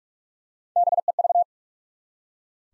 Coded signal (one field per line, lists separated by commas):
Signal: Morse code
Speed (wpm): 46 wpm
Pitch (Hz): 700 Hz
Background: none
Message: BEV